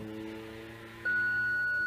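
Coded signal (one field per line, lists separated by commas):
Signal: beep code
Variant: BMW parking sensor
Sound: low engine hum, then one long steady beep starts and continues to the end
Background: engine idle hum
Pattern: 1 long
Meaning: Parking sensor fault: the system will not work and the faulty sensor must be replaced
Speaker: so this is the of showing faulty the long beep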